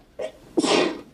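A brief intake of breath, then one loud explosive sneeze; an acted sneeze from a scene in the film Ferris Bueller.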